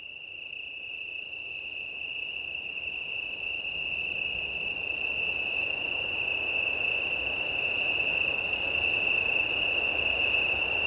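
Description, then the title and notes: Italian tree cricket chorus holding a steady soft trill while wind swells louder throughout, and brief high insect chirps repeat at intervals. Chorus of many Italian tree crickets, 18 September 2019, 20:35, early night, Plateau de Lesches en Diois, Drôme, France; windy; recorded with an MKH 8020 microphone on a six-track recorder. "Chorus italien. 18 septembre 2019-20h35-Plateau de Lesches en Diois - Drôme. un chorus de Grillons italiens (Oecanthus pellucens)"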